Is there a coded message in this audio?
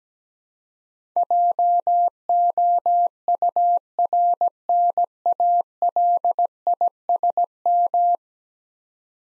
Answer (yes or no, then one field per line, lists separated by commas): yes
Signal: Morse code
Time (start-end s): 1.2-8.2 s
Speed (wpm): 17 wpm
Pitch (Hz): 700 Hz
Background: none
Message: JOURNALISM